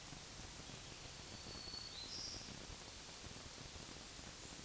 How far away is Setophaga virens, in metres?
about 60 m